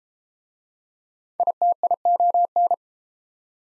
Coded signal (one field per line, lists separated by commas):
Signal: Morse code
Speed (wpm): 30 wpm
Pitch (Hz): 700 Hz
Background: none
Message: ITION